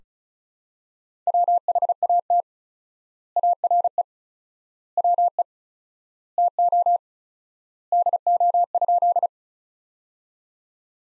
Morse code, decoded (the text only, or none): WHAT ARE WE TO DO?